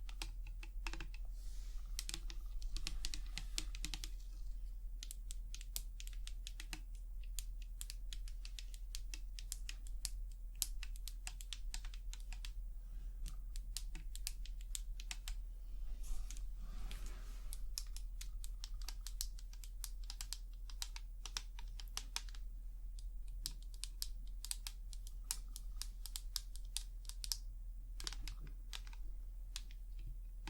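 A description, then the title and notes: Tapping runs throughout as quick, crisp clicks that sound much like typing on a keyboard, dense and irregular with brief pauses near 5 and 17 seconds. A steady low hum sits underneath for the whole clip. ASMR Tapping. Long Nails, No Talking.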